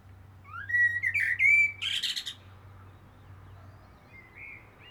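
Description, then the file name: Common blackbird delivering one fluted phrase of rising whistles that breaks into a harsh, high scratchy flourish, followed by faint quiet notes. "Turdus merula"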